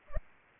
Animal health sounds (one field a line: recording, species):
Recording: mosquito wingbeat signal from an infrared sensor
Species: Culex pipiens